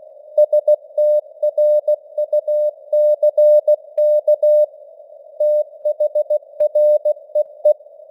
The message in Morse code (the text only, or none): STRUCK THREE